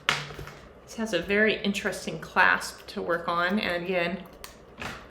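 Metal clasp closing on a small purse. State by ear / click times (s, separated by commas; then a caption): seated / 4.4 s. Someone talks while the metal clasp on a small second-hand purse or wallet, repurposed as a toddler toy, is closed. The clasp clicks shut at 4.4 s with a short, sharp click.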